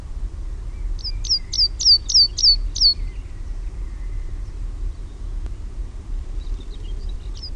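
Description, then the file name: Meadow pipit song: a rapid series of several thin, high, down-slurred notes over about two seconds, then a few faint chirps later, with low background rumble. Own recording, Finland. "NIITTYKIRVINEN"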